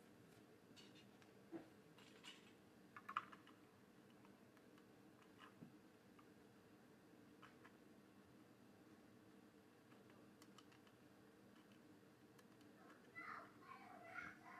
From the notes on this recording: Building a Lego set